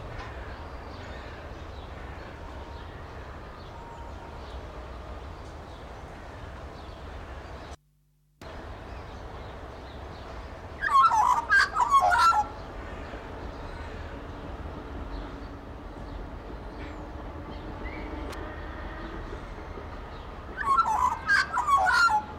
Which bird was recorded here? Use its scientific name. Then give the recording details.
Gymnorhina tibicen. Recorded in captivity. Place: Zoo Berlin, Berlin, DE. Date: 1994-02-11 11:47. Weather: Bedeckt, 4°C. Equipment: Marantz CP 130, Sennheiser ME 80, Kopie Uher Variocord 263. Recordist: Tembrock, Günter